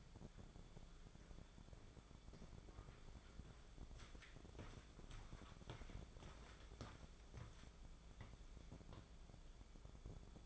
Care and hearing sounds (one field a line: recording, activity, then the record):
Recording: daily activity, microphone in the room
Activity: walk to room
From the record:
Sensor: 5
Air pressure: 1010.6 hPa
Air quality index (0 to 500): 112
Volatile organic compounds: 2 ppm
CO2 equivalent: 1109 ppm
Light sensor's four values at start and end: 425/1112/456/529 and 589/1435/612/737